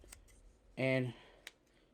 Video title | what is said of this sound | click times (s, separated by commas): Power of the Primes Dinobot Swoop Review | you see how i just kind of clicked out and it's got little pegs | 1.5 s